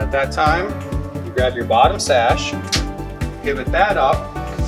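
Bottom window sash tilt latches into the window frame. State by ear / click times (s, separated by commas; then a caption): not seated / none. Someone talks over music while the bottom sash of a Vector Windows double-hung window is being pivoted up toward its frame so its tilt latches can click and engage. The clip ends before the sash goes home, so the tilt latches have not clicked or engaged yet.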